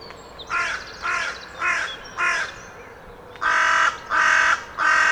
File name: Corvus corone